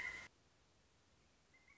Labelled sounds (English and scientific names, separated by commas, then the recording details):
Pileated Woodpecker (Dryocopus pileatus)
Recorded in Sonoma County, California